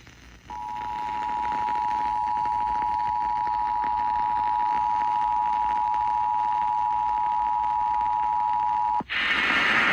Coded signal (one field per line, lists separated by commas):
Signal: Emergency Alert System (SAME) tones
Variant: 853 and 960 Hz attention tone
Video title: EAS Alerts from December-Beginning of January...